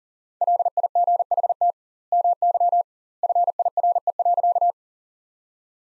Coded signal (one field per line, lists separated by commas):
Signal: Morse code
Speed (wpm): 40 wpm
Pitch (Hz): 700 Hz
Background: none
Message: LIGHT MY FIRE.